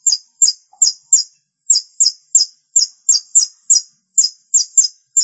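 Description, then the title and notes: Long-tailed shrike calls: rapid series of very high, thin chirps, with a brief pause early on and a quiet background. Called pentet in Indonesian; dated March 2017. "Pentet 201703. Suara burung pentet"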